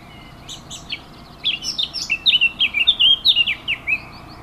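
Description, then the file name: Warbler song: a quick run of varied warbled notes, starting softly and sparsely, then a dense, louder phrase of many notes. Recorded 15 June 2014 on a MiniDisc recorder. "Fauvette 15 06 14"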